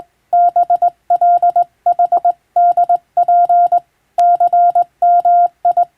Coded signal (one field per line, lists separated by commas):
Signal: Morse code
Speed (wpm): 20 wpm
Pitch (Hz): 700 Hz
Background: none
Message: BLHDP CMI